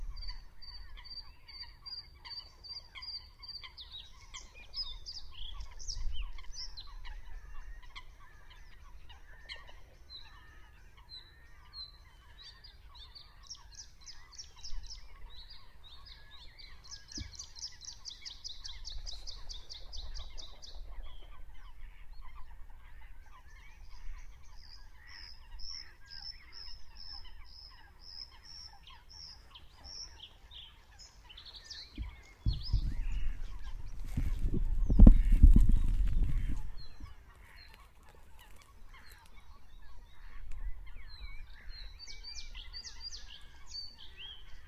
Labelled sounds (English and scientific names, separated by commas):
Bluethroat (Luscinia svecica) song